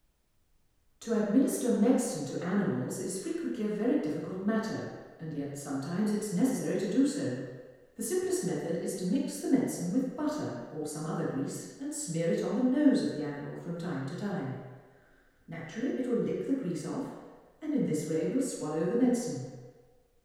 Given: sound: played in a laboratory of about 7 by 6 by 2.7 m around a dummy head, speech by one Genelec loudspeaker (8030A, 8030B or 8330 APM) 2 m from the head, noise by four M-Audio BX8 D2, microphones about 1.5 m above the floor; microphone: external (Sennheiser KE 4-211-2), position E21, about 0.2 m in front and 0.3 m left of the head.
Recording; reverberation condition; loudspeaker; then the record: female speech in English; high; 150 degrees to the right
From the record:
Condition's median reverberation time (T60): about 1300 ms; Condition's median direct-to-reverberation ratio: about -4.0 dB